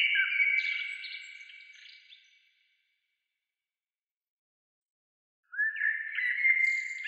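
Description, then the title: Bird song in two whistled phrases, the first varied and slowly fading, the second beginning after a long silence with an upslurred note and warbled, stepped tones. "Oiseaux"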